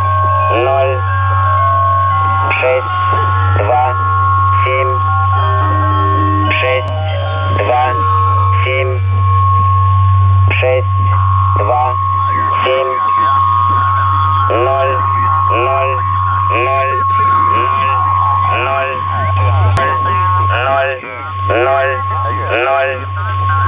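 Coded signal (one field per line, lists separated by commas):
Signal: numbers station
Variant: S06, Russian male voice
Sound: male voice reading short evenly spaced words over a steady whine and low hum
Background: radio static, carrier hum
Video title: 21 06 2019 S06 Russian Man Numbers station in Russian to Eu 2100 on 7314 unknown tx site USB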